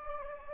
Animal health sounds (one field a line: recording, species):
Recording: mosquito wingbeat signal from an infrared sensor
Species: Anopheles gambiae